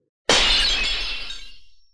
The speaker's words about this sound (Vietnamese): Chỉ nghe một tiếng vang lên thanh thúy, kính tròn vỡ vụn ra, mất hết linh quang mà rơi xuống đất.